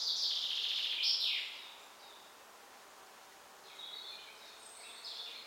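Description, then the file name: Common chaffinch song: one bright, fast trilled phrase ending in a falling flourish, followed by faint high chirps. "Fringilla coelebs"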